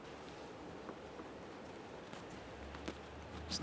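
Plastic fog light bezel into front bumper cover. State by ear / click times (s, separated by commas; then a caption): not seated / none. A plastic fog light bezel for a 2013-2020 Ford Fusion is being fitted into the front bumper cover, with its outboard ears slid into the bumper opening and the part lined up before the inboard side is rolled in. Only light handling sounds are heard, with small taps around 0.9, 2.1, 2.8 and 2.9 seconds. Nothing has latched or clicked yet.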